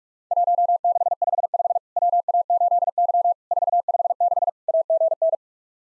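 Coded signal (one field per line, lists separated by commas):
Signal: Morse code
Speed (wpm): 46 wpm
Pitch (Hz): 700 Hz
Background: none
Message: 1655 WA8Y 456 AGN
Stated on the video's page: Worked All Europe DX Contest QTC exchange copying practice at 45 wpm, with simulated repeat requests; each exchange sent in Morse, then resent.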